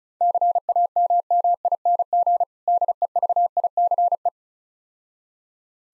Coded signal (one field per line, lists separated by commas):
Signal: Morse code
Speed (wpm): 36 wpm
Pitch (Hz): 700 Hz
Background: none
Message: CAMMING DEVICE